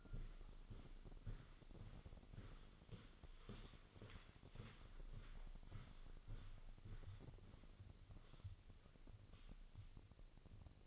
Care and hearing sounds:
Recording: daily activity, microphone in the room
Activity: walk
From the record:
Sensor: 4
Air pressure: 1010.1 hPa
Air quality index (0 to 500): 172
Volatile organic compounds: 2 ppm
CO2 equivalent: 1245 ppm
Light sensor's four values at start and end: 52/129/54/60 and 52/129/54/59

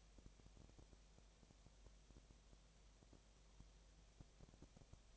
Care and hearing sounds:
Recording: daily activity, microphone in the room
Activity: no activity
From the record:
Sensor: 1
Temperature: 19.8 degrees Celsius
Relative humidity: 37.9%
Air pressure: 998.8 hPa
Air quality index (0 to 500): 233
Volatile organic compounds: 134 ppm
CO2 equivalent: 3950 ppm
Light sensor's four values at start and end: 1/2/1/1 and 1/2/1/1

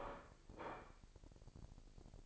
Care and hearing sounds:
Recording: daily activity, microphone in the room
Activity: place plate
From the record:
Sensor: 5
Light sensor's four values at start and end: 30/71/29/29 and 30/71/29/29

